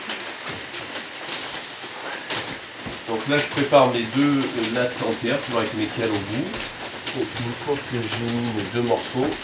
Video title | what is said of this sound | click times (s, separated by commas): Pose parquet flottant, Cuisine aménagement 2, p- kitchen renovation 2, laying parquet flooring | on entend le petit clips et on continue | 0.1 s